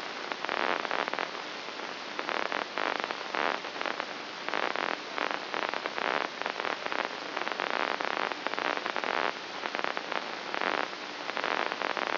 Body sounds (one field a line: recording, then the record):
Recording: brain microelectrode recording played as sound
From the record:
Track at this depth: outside the subthalamic nucleus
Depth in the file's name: 1.539 mm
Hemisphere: left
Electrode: 2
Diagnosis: Parkinson's disease